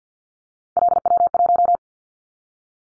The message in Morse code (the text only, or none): LW1